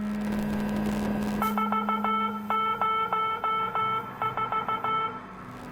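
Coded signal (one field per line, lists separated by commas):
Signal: Morse code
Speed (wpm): 15 wpm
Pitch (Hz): 1320 Hz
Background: music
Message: 404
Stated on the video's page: Sound from a PS1-style horror game set on a submarine.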